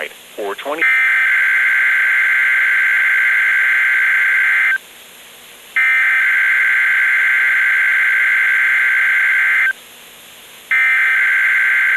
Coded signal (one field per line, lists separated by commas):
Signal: Emergency Alert System (SAME) tones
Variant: header bursts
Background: speech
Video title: SCHOOL SUCKS - EAS alerts 232-251